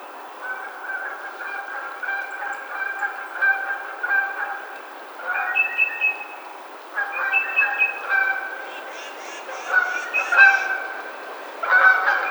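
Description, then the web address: Canada goose: several geese calling in overlapping nasal honks. Recorded on 20 March 2007. "Canada Goose 2007 03 20"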